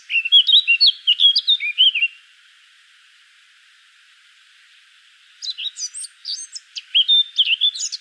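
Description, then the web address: Eurasian blackcap warbled song: a rapid phrase of mixed chirps and whistles, a silent gap of about three seconds, then another rich, jumbled phrase. "pub SETE data Sylvia atricapilla 102016"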